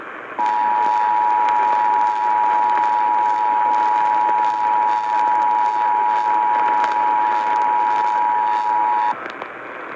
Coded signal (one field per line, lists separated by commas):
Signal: Emergency Alert System (SAME) tones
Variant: 853 and 960 Hz attention tone